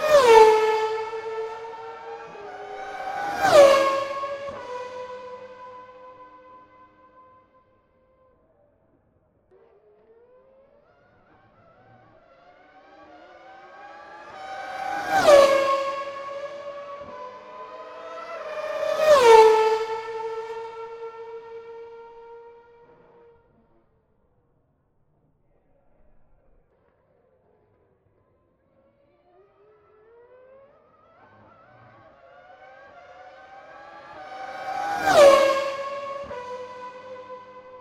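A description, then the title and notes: Formula 1 cars scream past one at a time, their high, shrill engines rising as each approaches and dropping sharply as it flies by. Four passes come at about 4, 15, 19 and 35 seconds, with near-silent gaps between them. McLaren Formula 1 V8s and V10s at Monterey.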